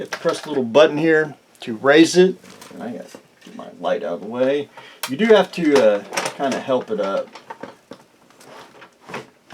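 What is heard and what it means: Someone talks while pressing a small release button on a 1/12 scale custom Action Force Valaverse Headquarters plastic toy command base and lifting its raised platform section by hand. Short handling knocks are heard near 7.6 s, 7.9 s and 9.1 s. The section has not yet locked into its raised position, and nothing has seated or clicked.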